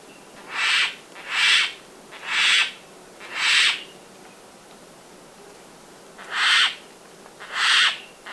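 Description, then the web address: Turquoise jay giving loud, harsh, rasping calls, four evenly spaced notes about a second apart, a pause, then two more. Recorded in Ecuador, South America. "Birds of Ecuador. Turquoise Jay"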